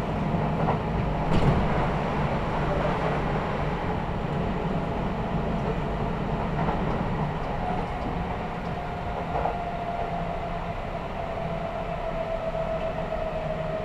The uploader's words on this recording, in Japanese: 近鉄 伊勢若松（特急通過待ち）→白子（特急通過待ち・普通乗り換え）→千里。伊勢若松駅で特急をやりすごし、急行は再び走り出します。